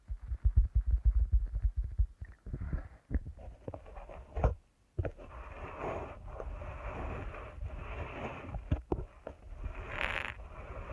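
Deep ear canal massage with heavy, rapid low thumps early on, then softer continuous rubbing and scratching with brief pauses and crackles.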